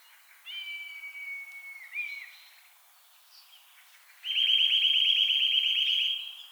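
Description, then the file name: Eurasian nuthatch giving a long, level piping whistle and a shorter note, then after a pause a fast, even trill of rapid notes lasting about two seconds. "Sitta europaea"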